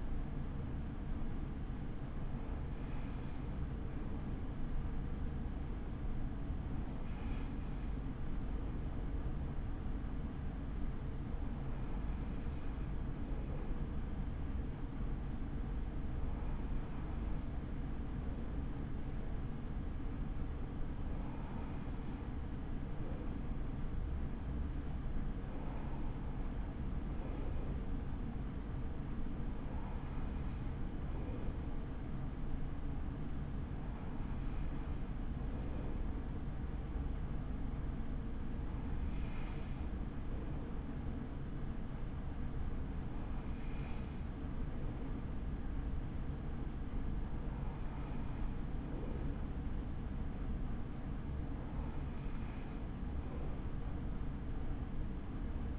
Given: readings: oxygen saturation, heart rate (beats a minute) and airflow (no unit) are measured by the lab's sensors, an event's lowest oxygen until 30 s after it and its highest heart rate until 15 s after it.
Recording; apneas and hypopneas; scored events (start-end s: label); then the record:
breathing in sleep by a smartphone at the bedside; none
none scored
From the record:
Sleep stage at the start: N2 (light sleep); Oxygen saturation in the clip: 94 to 96%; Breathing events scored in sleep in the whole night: 83 in 6.1 hours asleep